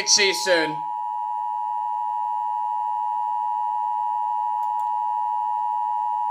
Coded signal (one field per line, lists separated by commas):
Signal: Emergency Alert System (SAME) tones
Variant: 853 and 960 Hz attention tone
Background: speech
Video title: EAS 737 SVR NWS Wichita